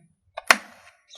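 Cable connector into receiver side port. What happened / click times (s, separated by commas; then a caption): The connector pops into its socket / 0.5 s. A cable connector is pushed into the side port of a receiver after its door is opened, and it pops into the socket and seats. A light tap comes first at 0.4 s, then the sharp pop of the connector seating at 0.5 s, followed by a fading rattle. Another sharp click sounds at 1.2 s.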